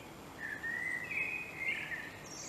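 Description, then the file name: Common blackbird singing one smooth fluted phrase, wavering up and down, then ending in a short thin high squeak. "Turdus merula"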